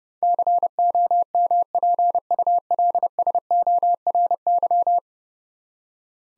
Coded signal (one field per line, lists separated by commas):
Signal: Morse code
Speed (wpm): 32 wpm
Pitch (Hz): 700 Hz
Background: none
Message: COMPULSORY